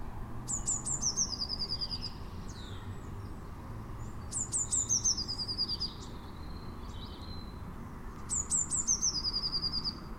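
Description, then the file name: Eurasian blue tit singing three short phrases of high thin notes ending in a trill, about every four seconds, over a steady low rumble. "Cyanistes caeruleus"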